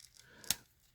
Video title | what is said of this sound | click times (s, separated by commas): MASTER GRADE TUESDAY!!!: MG RGM -89 JEGAN | snaps into place that's actually very good that's actually super secure and | 0.5 s